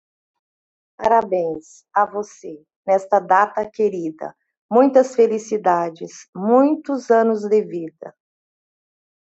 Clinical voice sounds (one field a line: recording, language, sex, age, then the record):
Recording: short text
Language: Brazilian Portuguese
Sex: female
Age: 50 to 59 years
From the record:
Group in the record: control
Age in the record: 58 years